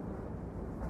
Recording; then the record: background sound without coughing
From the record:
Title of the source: Train Ride Ambience ambient white noise for sleeping, focus, studying, reading